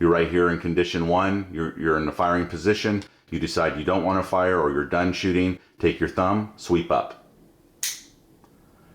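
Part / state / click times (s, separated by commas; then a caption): thumb safety lever on a 1911 pistol frame / seated / 7.8 s. Someone talks, then sweeps the metal thumb safety of a 1911 pistol upward with a thumb, and it snaps into the safe position with a sharp, very positive click at 7.8 seconds. The pistol's thumb safety is now on.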